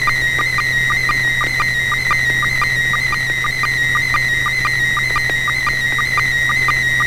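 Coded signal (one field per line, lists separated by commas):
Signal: SSTV (slow-scan television)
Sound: warbling high tone with rapid regular chirping sync blips, steady low hum underneath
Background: low hum, radio hiss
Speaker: all right so bob if you're ready with a photo would you go right ahead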